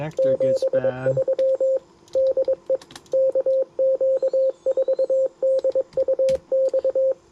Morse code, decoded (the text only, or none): 73 DE KQ4DUX